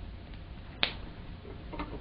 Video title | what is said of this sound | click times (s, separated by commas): Elements Obturation Unit - Setup and Function | to their little click stops | 0.8 s